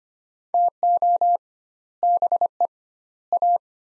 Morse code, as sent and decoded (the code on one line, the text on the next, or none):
- --- / -... . / .-
TO BE A